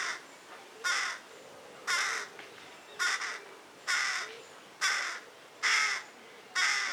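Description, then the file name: Carrion crow cawing steadily, a series of rasping caws about once a second, each harsh and slightly drawn out, with nothing else prominent. "Corvus corone"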